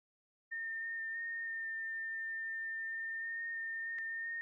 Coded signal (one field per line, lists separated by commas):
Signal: FT8